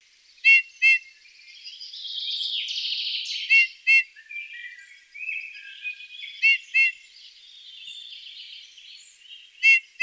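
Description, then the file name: Eurasian bullfinch giving short piping notes mostly in pairs, spaced a few seconds apart, with quiet creaky warbling filling the gaps between them. "Pyrrhula pyrrhula"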